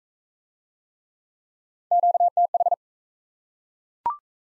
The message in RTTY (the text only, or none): none